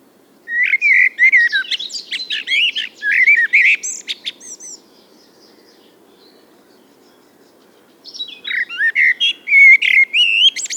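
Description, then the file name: Common blackbird delivering two song phrases, flute-like warbling followed by scratchy high twitters, separated by about three seconds of quiet. "Turdus merula"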